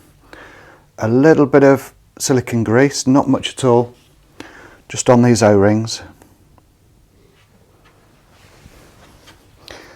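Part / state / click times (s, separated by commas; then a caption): air pump fill probe into air rifle fill port / not seated / none. Someone talks while applying a little silicone grease to the O-rings of an air pump's fill probe and lining it up before it goes into a PCP air rifle's fill port, which does not click and simply pushes in. Brief small handling knocks and taps are heard around 0.3, 4.4, 6.2, 6.6 and 9.7 seconds. Nothing has seated or clicked yet.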